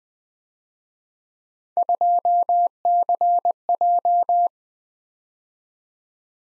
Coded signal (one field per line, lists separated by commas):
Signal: Morse code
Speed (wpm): 21 wpm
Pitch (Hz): 700 Hz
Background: none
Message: 2CJ